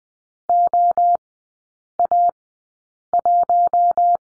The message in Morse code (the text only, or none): OA1